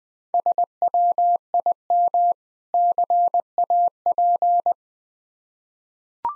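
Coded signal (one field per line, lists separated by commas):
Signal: Morse code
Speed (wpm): 20 wpm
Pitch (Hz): 700 Hz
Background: none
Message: SWIM CAP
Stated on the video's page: Morse practice of difficult words at 20 wpm with contextual hints.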